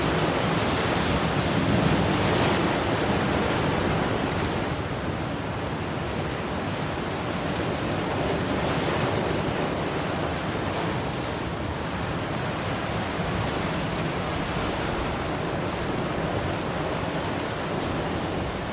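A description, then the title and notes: Ocean waves roll in a steady, dense wash of surf, with slightly louder swells near the start and again around nine seconds. The roar is full, spread from low rumble to bright hiss, with a faint buffeting of wind underneath. Hawaii Ocean Waves Sounds.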